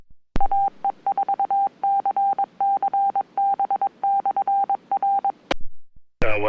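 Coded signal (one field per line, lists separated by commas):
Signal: Morse code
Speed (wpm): 22 wpm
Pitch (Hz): 790 Hz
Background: speech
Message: AE4CCB/R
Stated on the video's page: Net held on a UHF repeater, 442.200 MHz +5 offset, PL 100.0, on Holston Mountain.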